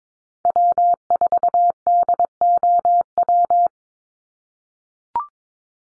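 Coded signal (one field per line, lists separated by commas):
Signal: Morse code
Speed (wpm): 22 wpm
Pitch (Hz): 700 Hz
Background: none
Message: W4DOW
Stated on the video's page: Head-copy drill of North American SOTA chaser callsigns at 22 wpm, each sent in Morse, spoken, then sent again.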